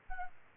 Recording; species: mosquito wingbeat signal from an infrared sensor; Culex pipiens